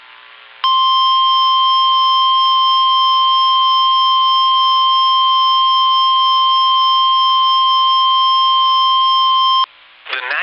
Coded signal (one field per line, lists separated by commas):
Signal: Emergency Alert System (SAME) tones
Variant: 1050 Hz attention tone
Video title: Confirmed Tornado Warning (EAS 281)